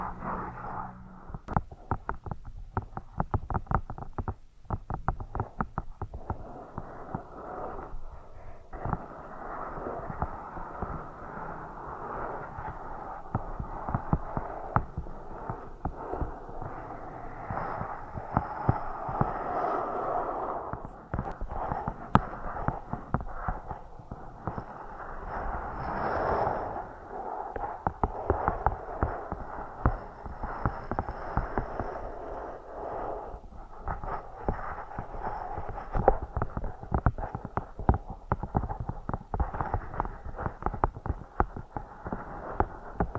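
Scratching and tapping triggers run continuously, a dense patter of quick scratchy strokes broken by sharp taps that come irregularly throughout. The sound stays mostly in the middle and lower range, with a brief brighter scrape near twenty-six seconds and a faint low hum underneath.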